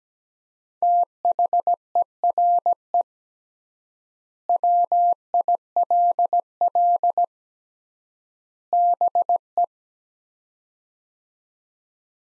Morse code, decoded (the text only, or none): THERE WILL BE